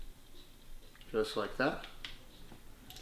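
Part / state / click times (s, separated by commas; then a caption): taped improvised piece into homemade household weapon / seated / 2.0 s. A duct-tape-reinforced improvised part of a homemade household weapon is pushed back into place while someone talks. It pops in with a sharp snap at about 2.1 s, confirming the part is seated and ready, and fainter clicks come around 1.0 s and 2.9 s.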